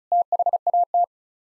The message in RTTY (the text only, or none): none